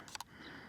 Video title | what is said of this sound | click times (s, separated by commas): DJI LITO X1 ND FILTER TEST! ARE THEY WORTH IT? | that was it. Hopefully you heard that click. | 0.2 s